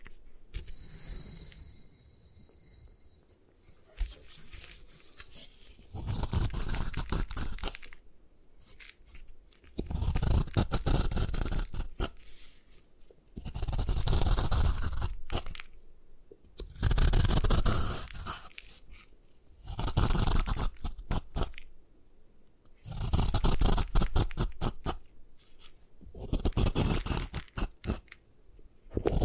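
Gym chalk is crushed and ground in repeated bursts, each a few seconds long, with gritty scraping and crunching. The bursts come roughly every three to four seconds, separated by short quiet gaps with faint rustling. Early on a high thin whine is heard briefly.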